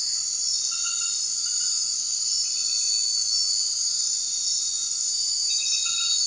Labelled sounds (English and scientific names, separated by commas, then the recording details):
none
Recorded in secondary vegetation near Puerto Asís, Putumayo, Colombia, on 12 March 2025 at 23:30
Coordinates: 0.499, -76.323
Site G094